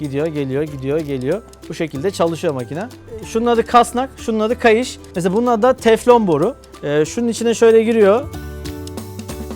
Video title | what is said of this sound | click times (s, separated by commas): 3D Yazıcı Yaptık - Evde Dene 6. Bölüm (1. Kısım) | buraya getirdiğimizde tık diye kitleniyor hesabını çekseniz gelmez | 8.9 s